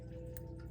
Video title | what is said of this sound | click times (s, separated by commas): Microtech Utx-70 Breakdown | don't know if you heard that very small and then I'm going to test fire it a couple times okay | 0.4 s